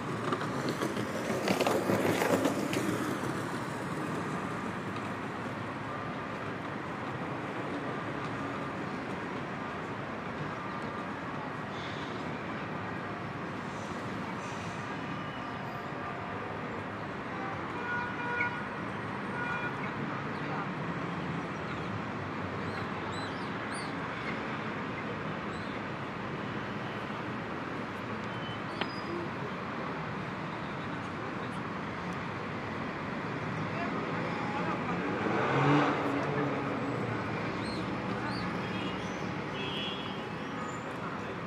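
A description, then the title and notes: Sunday morning in Cyprus: a steady, even bed of murmur fills the whole stretch. A vehicle swells past near the start and another around the thirty-five second mark, with faint voices and small bright chirps scattered in between. Cyprian Sunday Mornings (Sleep and Relax ASMR). A recording from beautiful Cyprus.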